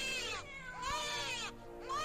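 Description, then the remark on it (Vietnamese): A cat yowls in long, wavering, high-pitched cries that rise and fall like a wailing newborn, three drawn-out calls in a row with short breaths between, heard in a hospital. “Kèm theo cái tiếng khóc đặc trưng của trẻ con, nghe đến sốt cả ruột, lại lẫn trong cả cái tiếng mèo kêu.”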